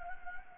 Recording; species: mosquito wingbeat signal from an infrared sensor; Anopheles gambiae